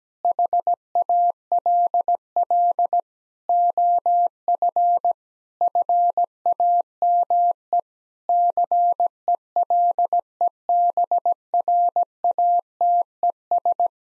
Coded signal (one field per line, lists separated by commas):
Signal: Morse code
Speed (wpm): 17 wpm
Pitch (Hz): 700 Hz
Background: none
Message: HALL OF FAME CELEBRATES